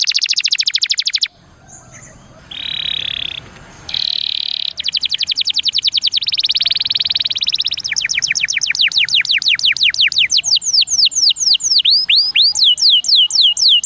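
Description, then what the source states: Atlantic canary song: a quick trill, soft buzzy rolls, then a long sequence of sweeping notes ending in looping whistles. Song in the cengkok mewah (ornate) style.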